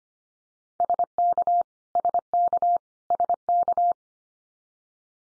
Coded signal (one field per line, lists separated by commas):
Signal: Morse code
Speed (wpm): 25 wpm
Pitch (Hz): 700 Hz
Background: none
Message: SK SK SK